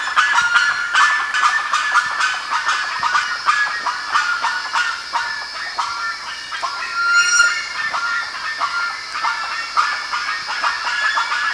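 Bird flock calling in a thick, steady din of honks and chatter, swelling slightly around seven seconds with a brief high whistled note.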